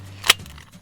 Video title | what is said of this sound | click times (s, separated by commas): Transformers Rescue Bots Toys Collection Featuring Boulder Heatwave Chase Blades Bumblebee & More | locks in place like so pretty | 0.3 s